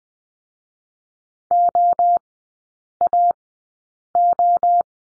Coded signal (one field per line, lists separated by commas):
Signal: Morse code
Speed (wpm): 20 wpm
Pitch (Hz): 700 Hz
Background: none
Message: OAO